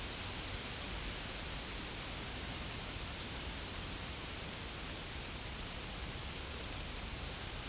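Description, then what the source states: Insect buzzing, a steady high, shrill trill lasting the whole time with one brief break near three seconds, faint background hiss. Insects recorded in a field.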